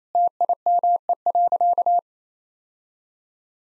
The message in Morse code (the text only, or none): TIME.